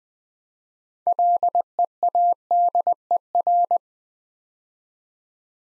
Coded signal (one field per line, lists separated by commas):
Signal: Morse code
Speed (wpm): 20 wpm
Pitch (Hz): 700 Hz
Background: none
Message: LEADER